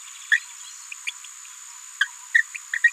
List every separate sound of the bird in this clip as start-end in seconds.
0.32-0.39, 1.07-1.10, 2.01-2.08, 2.34-2.42, 2.73-2.78, 2.84-2.91